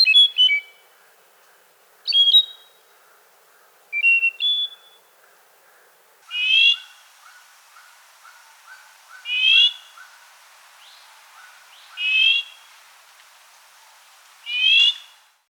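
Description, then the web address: Bird song, short bright whistled phrases repeated every two to three seconds, over a steady series of soft low chirps. Costa Rican cloud forest; song and call. "Birds of the Costa Rican Cloud Forest"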